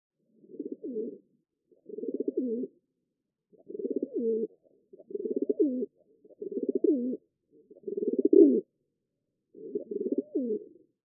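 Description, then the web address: Rock dove cooing: seven soft, throaty, rolling coos, repeated about every one and a half seconds, with silence between them. "dobato"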